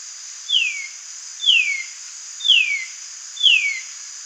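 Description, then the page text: White-naped monarch call: four falling whistled notes, evenly spaced about one second apart, against a constant high-pitched insect buzz. "White-Naped Monarch Call. Quick Sounds"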